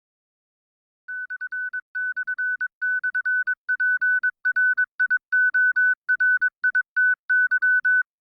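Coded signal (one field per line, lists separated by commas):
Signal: Morse code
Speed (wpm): 20 wpm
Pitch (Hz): 1500 Hz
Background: music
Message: ///PRIORITY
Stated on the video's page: CW copying practice from a built-in message in PC training software, plus real live CW received on an online web-based shortwave receiver.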